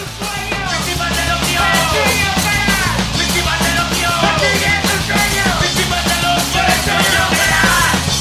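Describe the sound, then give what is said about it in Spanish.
A man's raw, strained yelling backing vocals, shouted to accompany the singer, ride over loud, dense punk rock music with pounding drums and distorted guitars, the shouted lines repeating in short bursts throughout. “el …, pues gritaba para acompañar. Tiene un buen alarido ese chaval”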